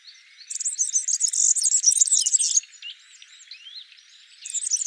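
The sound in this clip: European serin song: a rapid, shrill glittering jangle lasting about two seconds, followed by softer twittering notes and a new burst starting.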